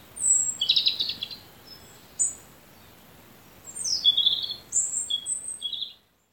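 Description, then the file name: European robin with high, sweet, warbled phrases, one burst at the start and a longer run of descending notes near the end. "Erithacus rubecula"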